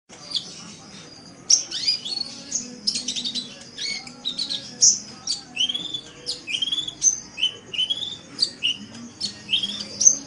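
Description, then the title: Oriental magpie-robin song, a continuous stream of sweet whistles, upslurred notes and crisp chips. "Kicau Kacer"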